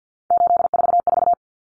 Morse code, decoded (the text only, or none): 844